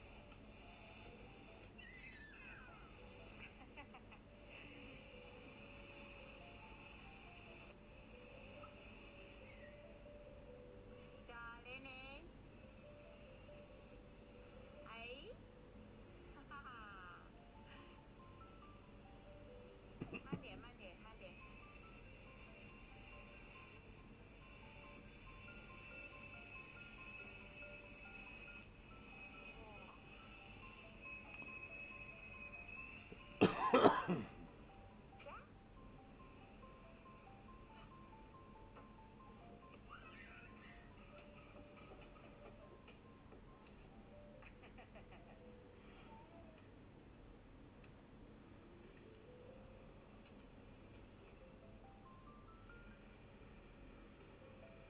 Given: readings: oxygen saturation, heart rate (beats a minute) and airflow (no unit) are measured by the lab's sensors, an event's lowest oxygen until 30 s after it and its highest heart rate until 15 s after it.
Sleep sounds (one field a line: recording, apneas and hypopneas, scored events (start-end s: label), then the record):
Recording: a person awake in a sleep study, by a voice recorder at the bedside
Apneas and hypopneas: none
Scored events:
0.00-54.90 s: awake
From the record:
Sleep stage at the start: awake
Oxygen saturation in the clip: 95 to 96%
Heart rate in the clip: 75 to 86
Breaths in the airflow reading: 13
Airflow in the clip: -7.5 to 6.5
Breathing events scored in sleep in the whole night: 131 in 7.2 hours asleep